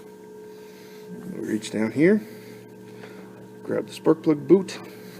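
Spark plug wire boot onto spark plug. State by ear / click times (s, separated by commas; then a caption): not seated / none. Someone talks while reaching down by hand to firmly grab the rubber spark plug wire boot on a small-block V8, ready to push it onto the spark plug until it clicks, pointed away from the header pipe. Faint handling noises and a steady low hum sit under the talking. Nothing has seated or clicked yet.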